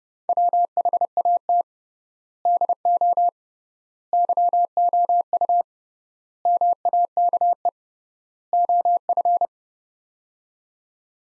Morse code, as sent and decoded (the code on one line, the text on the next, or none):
.-- .... .- - / -.. --- / -.-- --- ..- / -- .- -.- . / --- ..-.
WHAT DO YOU MAKE OF